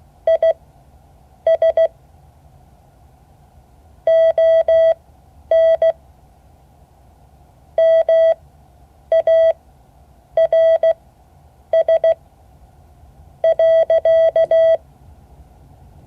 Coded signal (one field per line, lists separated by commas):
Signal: Morse code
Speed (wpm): 16 wpm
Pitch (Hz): 650 Hz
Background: none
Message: IS ON MARS .